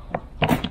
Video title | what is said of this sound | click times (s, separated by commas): PORTABLE GENERATOR FOR OUR CAMPER VAN / BACK TO VAN LIFE / PINOY NOMADS | There you go. Tapos mag-snap siya. So yan na, secure na siya. | 0.4 s